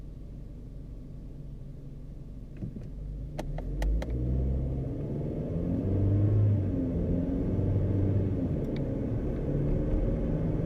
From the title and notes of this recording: Driving on the motorway. Internal car ambience. Usage of car indicators. Acceleration and gentle braking.